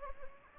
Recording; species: mosquito wingbeat signal from an infrared sensor; Anopheles gambiae